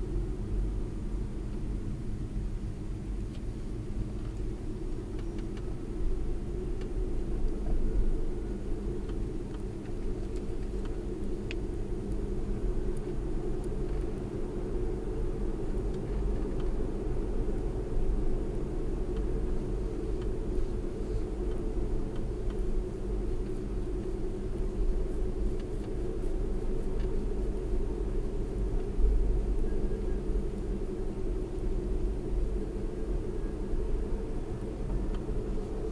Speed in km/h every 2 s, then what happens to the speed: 27, 29, 34, 39, 37, 39, 42, 44, 45, 42, 42, 42, 44, 45, 42, 39, 44, 50.
0-13 speeds up to 44. 13-31 steady at about 42. 31-36 speeds up to 50.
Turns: none.